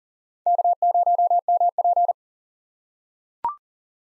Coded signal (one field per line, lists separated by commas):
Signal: Morse code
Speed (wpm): 40 wpm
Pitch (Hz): 700 Hz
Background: none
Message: K0MP